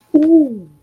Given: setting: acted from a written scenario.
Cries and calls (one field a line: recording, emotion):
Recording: vocal sound without words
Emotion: desire